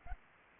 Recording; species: mosquito wingbeat signal from an infrared sensor; Anopheles arabiensis